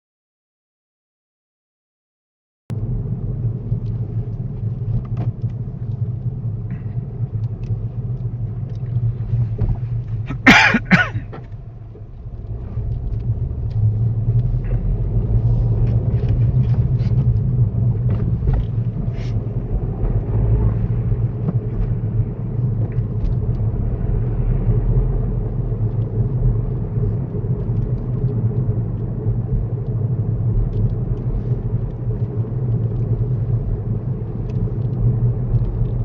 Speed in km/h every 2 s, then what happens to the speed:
29, 21, 16, 15, 8, 8, 16, 23, 24, 32, 31, 37, 37, 35, 35, 34, 35, 39.
0-10 slows to 8. 10-22 speeds up to 37. 22-36 steady at about 35.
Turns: none.